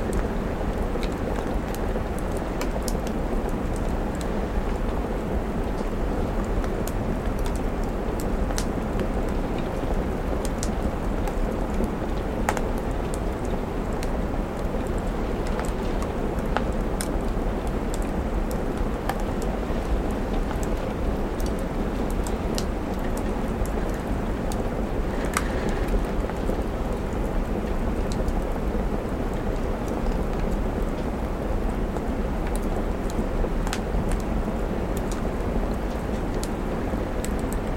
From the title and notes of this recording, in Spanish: Chimenea Acogedora | Lluvia de Otoño en la Ventana. Una chimenea acogedora crepitante y la suave lluvia de otoño y viento golpeando delicadamente la ventana.